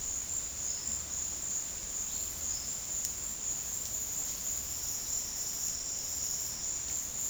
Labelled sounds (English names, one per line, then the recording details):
none
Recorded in secondary vegetation near Puerto Asís, Putumayo, Colombia, on 18 February 2024 at 15:00
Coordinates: 0.468, -76.324
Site G6381